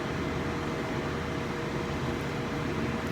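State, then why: Not seated. Only a steady fan-like hum runs from 0.0 to 3.2 s, with no click or snap anywhere.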